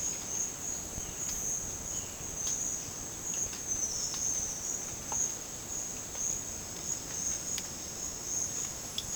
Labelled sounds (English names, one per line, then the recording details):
none
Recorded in dense forest near Puerto Asís, Putumayo, Colombia, on 12 March 2025 at 11:00
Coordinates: 0.486, -76.317
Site G053